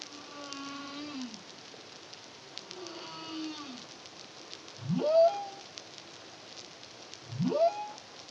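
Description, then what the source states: Humpback whale song: harmonic moans that drop in pitch at the end, followed by two steep rising whoops about two and a half seconds apart. Song, recorded in the Caribbean (CARIMAM) in 2023.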